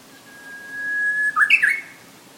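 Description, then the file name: Japanese bush warbler song: a long, steady whistled note that swells in volume, then breaks into a quick, higher flourish. "uguisu"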